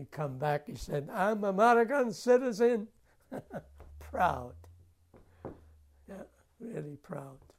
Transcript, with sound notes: When he come back he said, "I'm American citizen." ( he laughs ) Proud. Yeah, really proud.